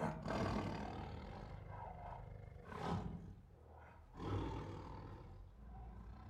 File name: Sound Ideas. Siberian Tigers Make Angry Growls, Roars and Snarls